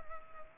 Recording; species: mosquito wingbeat signal from an infrared sensor; Culex pipiens